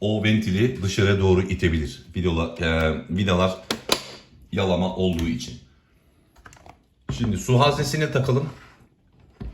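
Someone talks while handling a Philips LatteGo espresso machine, then pushes its plastic water tank back into place after the valve has been reassembled. A few light taps and a short knock are heard near the end. Nothing has seated or clicked yet.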